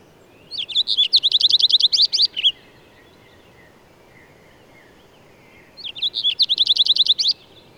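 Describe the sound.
Bird song with two high, rapid trilled phrases of repeated chipping notes, spaced roughly five seconds apart against a quiet background.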